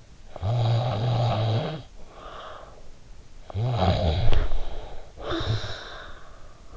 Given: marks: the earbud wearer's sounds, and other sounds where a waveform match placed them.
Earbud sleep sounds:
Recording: sounds in sleep by an in-ear microphone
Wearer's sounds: snoring breath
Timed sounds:
0.08-3.14 s: snoring breath
3.37-6.76 s: snoring breath

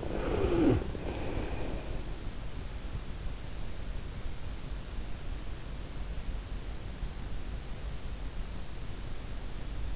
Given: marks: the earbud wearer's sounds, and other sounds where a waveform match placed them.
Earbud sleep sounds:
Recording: sounds in sleep by an in-ear microphone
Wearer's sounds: snoring breath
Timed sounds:
0.00-2.12 s: snoring breath

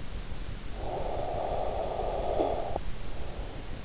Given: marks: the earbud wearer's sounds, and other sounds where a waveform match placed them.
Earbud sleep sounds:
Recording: sounds in sleep by an in-ear microphone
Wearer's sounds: snoring breath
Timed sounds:
0.52-3.78 s: snoring breath

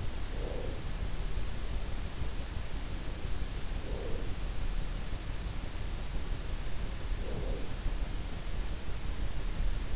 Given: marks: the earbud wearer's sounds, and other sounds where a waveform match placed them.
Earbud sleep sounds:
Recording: sounds in sleep by an in-ear microphone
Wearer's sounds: breath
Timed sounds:
0.00-1.13 s: breath
3.29-4.64 s: breath
7.03-8.25 s: breath

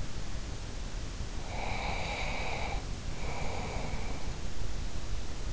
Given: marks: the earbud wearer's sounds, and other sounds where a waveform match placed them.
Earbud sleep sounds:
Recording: sounds in sleep by an in-ear microphone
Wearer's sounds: breath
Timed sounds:
1.43-4.32 s: breath

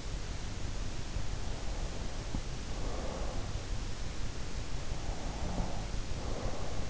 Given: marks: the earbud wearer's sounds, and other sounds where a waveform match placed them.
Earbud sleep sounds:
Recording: sounds in sleep by an in-ear microphone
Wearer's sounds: breath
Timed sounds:
1.65-3.63 s: breath
5.09-6.90 s: breath

